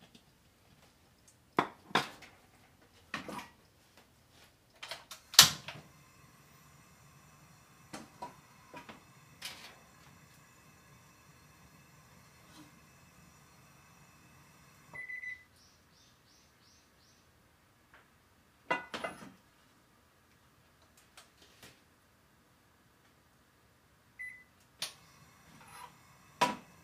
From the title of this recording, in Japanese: 大阪名物キャベツ焼き